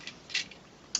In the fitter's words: onto his knee section and it does nice sort of Click there and stabilize the leg